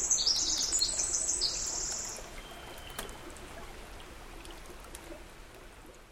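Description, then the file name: Winter wren singing a fast, high-pitched jumble of trills for about two seconds before stopping, leaving a soft rushing background like running water. Recorded 11 April 2005. "050411-wntrwren"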